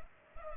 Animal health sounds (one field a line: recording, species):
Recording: mosquito wingbeat signal from an infrared sensor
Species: Culex pipiens